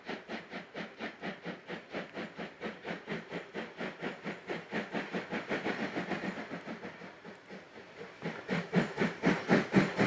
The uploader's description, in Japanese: JR山口線を走るC57 1 牽引の「SLやまぐち号」